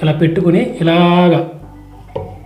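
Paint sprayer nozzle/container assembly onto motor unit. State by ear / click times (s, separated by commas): seated / 2.2 s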